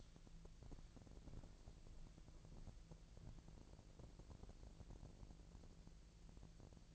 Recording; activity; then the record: daily activity, microphone in the room; walk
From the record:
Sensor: 5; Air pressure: 1002.1 hPa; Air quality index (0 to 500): 243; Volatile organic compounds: 28 ppm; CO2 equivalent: 2917 ppm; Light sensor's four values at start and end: 33/78/32/35 and 33/78/32/35